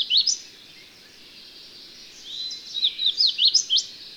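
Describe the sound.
Bird song: short bursts of high, sharp chirped notes, a brief phrase at the start and a quicker run of rising and falling notes near the end, over a steady hiss.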